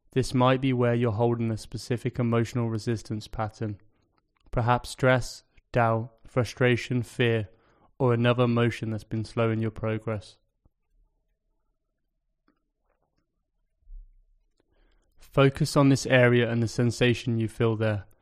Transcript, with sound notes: This might be where you're holding a specific emotional resistance pattern – perhaps stress, doubt, frustration, fear, or another emotion that's been slowing your progress. [Pause 10 seconds] Focus on this area and the sensation you feel there.